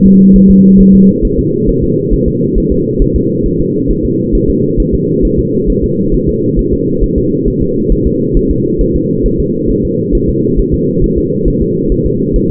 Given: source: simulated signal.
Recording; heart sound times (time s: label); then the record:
fetal heart sounds
0.06 s: S2
0.36 s: S1
0.50 s: S2
0.81 s: S1
0.95 s: S2
1.25 s: S1
1.39 s: S2
1.69 s: S1
1.84 s: S2
2.14 s: S1
2.28 s: S2
2.58 s: S1
2.72 s: S2
3.02 s: S1
3.16 s: S2
3.46 s: S1
3.60 s: S2
3.91 s: S1
4.05 s: S2
4.35 s: S1
4.50 s: S2
4.80 s: S1
4.94 s: S2
5.25 s: S1
5.39 s: S2
5.70 s: S1
5.84 s: S2
6.14 s: S1
6.29 s: S2
6.59 s: S1
6.73 s: S2
7.03 s: S1
7.18 s: S2
7.48 s: S1
7.62 s: S2
7.92 s: S1
8.07 s: S2
8.37 s: S1
8.51 s: S2
8.81 s: S1
8.96 s: S2
9.26 s: S1
9.40 s: S2
9.70 s: S1
9.85 s: S2
10.15 s: S1
10.29 s: S2
10.59 s: S1
10.74 s: S2
11.04 s: S1
11.18 s: S2
11.48 s: S1
11.62 s: S2
11.92 s: S1
12.06 s: S2
12.36 s: S1
12.51 s: S2
From the record:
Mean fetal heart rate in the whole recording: 135 bpm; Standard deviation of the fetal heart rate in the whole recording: 3 bpm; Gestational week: 36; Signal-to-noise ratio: -11.2 dB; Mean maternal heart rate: 72 bpm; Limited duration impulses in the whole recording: present